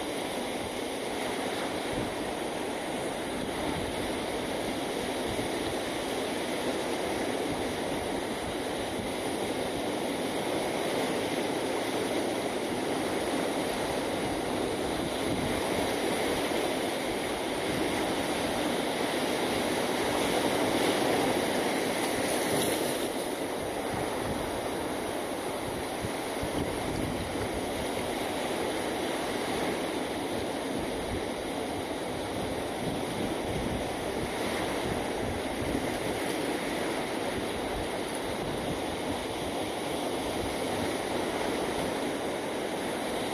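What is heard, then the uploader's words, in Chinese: Ocean waves roar in a steady, dense rush with no distinct breaks, swelling slightly around twenty-two seconds, under a faint constant mechanical hum. 海浪涛涛。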